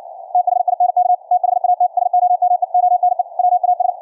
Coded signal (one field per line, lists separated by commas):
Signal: Morse code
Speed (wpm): 58 wpm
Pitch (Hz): 720 Hz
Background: none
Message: THINK THAT SOMEONE WAS